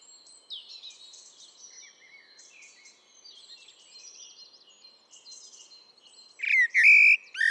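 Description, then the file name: Eurasian blackbird heard mostly as soft twittering and faint warbles, then a loud fluted phrase with high squeaks near the end. "Turdus merula"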